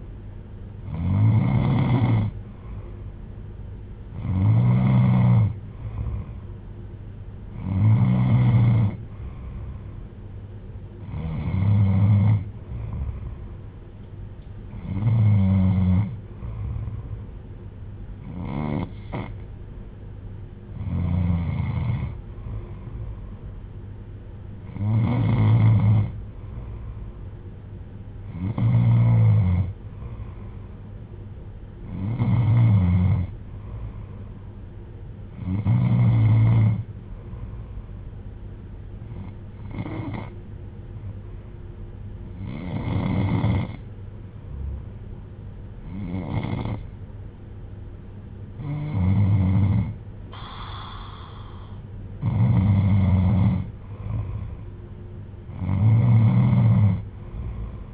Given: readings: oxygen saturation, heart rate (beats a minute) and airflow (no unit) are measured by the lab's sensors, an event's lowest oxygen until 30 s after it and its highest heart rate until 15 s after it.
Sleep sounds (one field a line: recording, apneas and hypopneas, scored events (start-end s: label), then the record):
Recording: breathing in sleep by a smartphone at the bedside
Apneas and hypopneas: none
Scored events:
none scored
From the record:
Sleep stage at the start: N2 (light sleep)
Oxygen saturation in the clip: 92 to 94%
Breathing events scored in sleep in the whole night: 310 in 8.1 hours asleep